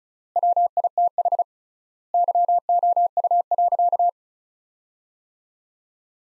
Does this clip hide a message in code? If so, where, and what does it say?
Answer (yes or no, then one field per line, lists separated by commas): yes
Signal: Morse code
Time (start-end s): 0.4-4.1 s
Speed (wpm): 36 wpm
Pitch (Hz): 700 Hz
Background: none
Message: WITH YOU.